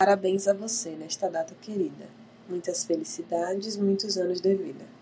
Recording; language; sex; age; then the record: short text; Brazilian Portuguese; female; 30 to 39 years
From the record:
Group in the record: control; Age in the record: 30 years